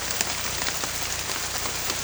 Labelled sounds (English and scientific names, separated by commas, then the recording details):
none
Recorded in pastures near Puerto Asís, Putumayo, Colombia, on 18 December 2024 at 23:30
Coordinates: 0.472, -76.331
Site GP02